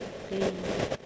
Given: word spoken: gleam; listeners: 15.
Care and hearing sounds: one English word in noise, from a listening test; noise modulated by three-talker babble; -4.0 dB; 0 of 15; 6 of 15; 0.66 s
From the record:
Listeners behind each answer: 6, 2, 1, 1, 1, 1, 1, 1, 1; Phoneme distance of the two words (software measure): 20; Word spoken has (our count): 1 syllable, 4 phonemes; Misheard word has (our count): 1 syllable, 4 phonemes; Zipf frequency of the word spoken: 2.80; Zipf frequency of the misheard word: 4.97

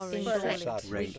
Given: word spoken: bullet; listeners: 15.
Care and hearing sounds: one English word in noise, from a listening test; four-talker babble; -2.0 dB; 2 of 15; 7 of 15; 0.78 s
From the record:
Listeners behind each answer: 7, 3, 2, 1, 1, 1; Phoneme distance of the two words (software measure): 34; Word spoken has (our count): 2 syllables, 5 phonemes, stress on syllable 1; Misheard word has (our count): 2 syllables, 7 phonemes, stress on syllable 2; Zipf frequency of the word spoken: 4.08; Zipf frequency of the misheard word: 3.15

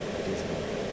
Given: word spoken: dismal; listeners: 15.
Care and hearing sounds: one English word in noise, from a listening test; speech-shaped noise; -6.1 dB; 5 of 15; 6 of 15; 0.52 s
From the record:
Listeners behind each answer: 6, 5, 1, 1, 1, 1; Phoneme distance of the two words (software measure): 24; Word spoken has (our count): 2 syllables, 6 phonemes, stress on syllable 1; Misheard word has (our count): 2 syllables, 4 phonemes, stress on syllable 1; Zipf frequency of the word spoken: 3.28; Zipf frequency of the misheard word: 3.98

